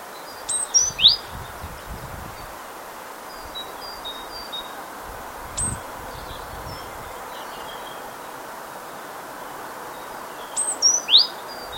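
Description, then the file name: Great tit call: a high three-note phrase ending in a rising sweep, a lone thin note midway, then the phrase again after about ten seconds, with steady hiss. "Parus major"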